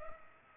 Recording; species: mosquito wingbeat signal from an infrared sensor; Culex pipiens